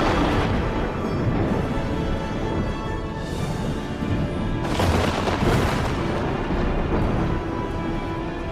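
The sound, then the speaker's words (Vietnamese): Deep, continuous rumbling of thunder amid flashing lightning fills the whole stretch, swelling into heavier booming surges around the middle, with no voices present. “Tiếng sấm vang chớp giật, khung cảnh trở nên chói lòa cả mắt. Bên tai của mọi người vang lên tiếng đùng đùng”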